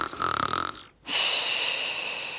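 An adult imitates a snore the way it is rendered in France: a buzzing 'ron' on the in-breath, a short pause, then a long breathy 'psh' on the out-breath. Imitated snoring.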